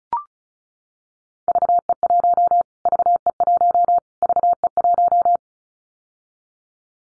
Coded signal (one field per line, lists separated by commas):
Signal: Morse code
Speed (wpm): 34 wpm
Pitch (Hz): 700 Hz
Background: none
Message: VE1 VE1 VE1